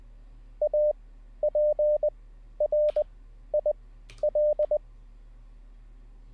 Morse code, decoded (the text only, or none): APRIL